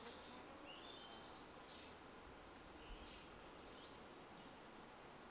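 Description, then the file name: European robin: thin, very high whistled notes, short and slightly falling, repeated at intervals, with faint softer bird notes and light hiss behind. "Erithacus rubecula"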